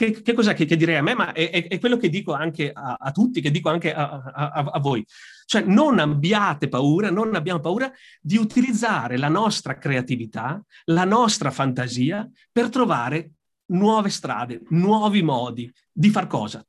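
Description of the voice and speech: Adult man, very severe stutterer by his own account, speaking Italian with repeated words and syllables and a drawn-out sound early on, typical of stuttering. The stuttering has been present since adolescence, and speaking into a microphone helps him stutter less.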